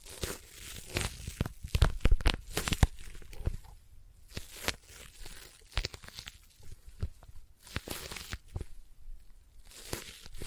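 Sticky tapping and peeling sounds come in dense, irregular bursts of crackling clicks, loudest and busiest in the first three seconds, then sparser.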